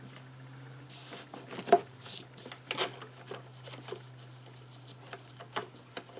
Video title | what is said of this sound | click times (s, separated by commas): Throttle Body Cleaning | This snaps in place with a couple of snaps. | 1.7 s, 2.7 s